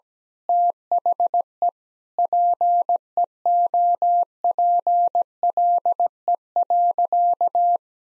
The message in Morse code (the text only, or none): THE PEOPLE.